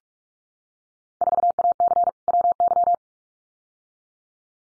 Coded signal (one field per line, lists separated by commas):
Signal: Morse code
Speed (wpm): 44 wpm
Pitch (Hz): 700 Hz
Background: none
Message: 4AC WY